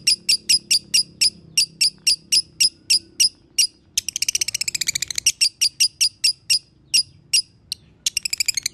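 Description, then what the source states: Lovebird repeating sharp high chirps, interrupted by a dense buzzy chattering burst, then chirps again and a final rapid trill. Masteran (training) track of lovebird in the konslet singing style.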